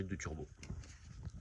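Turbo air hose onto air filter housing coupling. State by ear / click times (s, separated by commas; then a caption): not seated / none. On a Citroën C4 Picasso phase 2 1.6 HDI during air filter replacement, the turbo intake hose is being pushed back onto its plastic coupling on the air filter housing for reassembly. Someone talks over low rumbling handling noise with a few faint ticks. The clip ends before the hose goes home, so nothing has seated or clicked yet.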